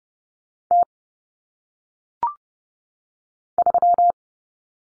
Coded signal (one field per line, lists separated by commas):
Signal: Morse code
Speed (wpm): 30 wpm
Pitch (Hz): 700 Hz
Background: none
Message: T 3